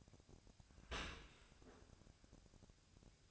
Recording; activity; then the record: daily activity, microphone in the room; open dishwasher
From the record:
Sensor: 2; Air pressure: 1003.0 hPa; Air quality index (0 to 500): 199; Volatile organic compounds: 6 ppm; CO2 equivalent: 1888 ppm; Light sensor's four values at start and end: 23/55/24/27 and 23/55/24/27